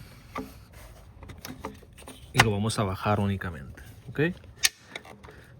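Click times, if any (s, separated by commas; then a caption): 4.7 s. On a 1.4 TSI engine, the intake/turbo pressure tube is set on its intake fitting and lowered while someone talks, with a few light handling knocks along the way. At 4.7 s its plastic retaining clip snaps over the tab with a sharp click, and the tube is seated.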